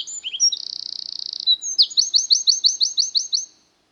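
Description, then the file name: Eurasian wren song: high thin notes, a fast buzzy trill, then a rapid run of repeated chirping notes, loud and clear, ending abruptly. "peukaloinen"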